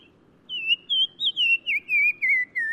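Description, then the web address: Black-crowned tchagra song: a long run of about eight fluty whistled notes, slightly wavering and gradually descending in pitch. Recorded in Morocco. "Black-crowned Tchagra. new sound approach title morocco"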